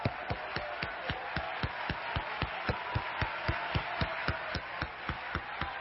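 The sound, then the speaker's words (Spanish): A crowd at a worship gathering applauds for God in steady unison, sharp claps landing about four times a second over a constant wash of scattered clapping and crowd noise, with no talking. “Dale un aplauso grande al cielo.”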